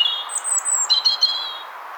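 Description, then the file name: European robin with a short burst of very high, thin whistled notes followed by a few wavering lower tones, over a constant gentle hiss. "Erithacus rubecula"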